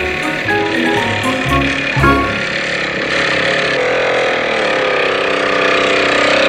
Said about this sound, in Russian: Мотоциклист разъезжает по городу.